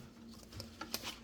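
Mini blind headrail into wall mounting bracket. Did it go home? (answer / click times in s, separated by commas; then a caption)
no / none. A Mainstays cordless vinyl mini-blind headrail is handled against its plastic wall mounting bracket, producing soft taps and rustles around 0.6, 0.8 and 0.9 s over a steady low hum. The headrail has not seated or clicked into the bracket yet.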